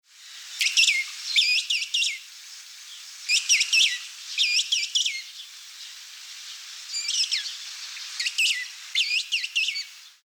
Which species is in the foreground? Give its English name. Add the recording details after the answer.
King Penguin. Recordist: Tembrock, Günter. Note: Rufe eines Jungvogels